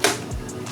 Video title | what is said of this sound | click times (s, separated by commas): Pt 1 - Changing Onewheel Rail Guards for The Float Life SideKicks! | and that will secure it. And hopefully you heard that click into place. | 0.0 s